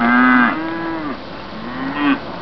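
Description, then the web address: Cattle mooing: two low moos, the second rising slightly before cutting off. "17 Bit Software Disk 152 cows"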